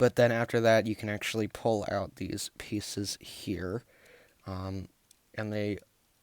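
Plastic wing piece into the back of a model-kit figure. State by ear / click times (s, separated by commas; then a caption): not seated / none. Someone talks while pulling out the plastic wing pieces on a Bandai Toy Story 4 Buzz Lightyear Cinema-Rise model kit figure, handling them toward the back of the figure. Nothing has seated or clicked into place yet.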